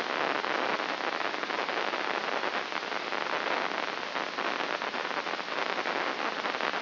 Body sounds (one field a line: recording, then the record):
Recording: brain microelectrode recording played as sound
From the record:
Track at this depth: inside the subthalamic nucleus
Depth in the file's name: 4.03 mm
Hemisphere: left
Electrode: 3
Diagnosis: Parkinson's disease